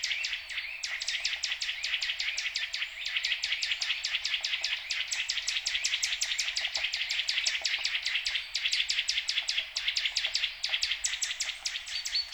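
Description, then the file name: Eurasian nuthatch calling in a long, steady run of rapid, clipped high notes, almost continuous throughout, with slight rises and falls in loudness. "Sitta europaea"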